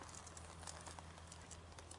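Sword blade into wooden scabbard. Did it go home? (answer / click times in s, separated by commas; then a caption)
no / none. A sword blade is slid into a wooden scabbard and fits perfectly, with light contact taps and scrapes over a steady low hum. The final push that locks it has not happened yet, so nothing has clicked.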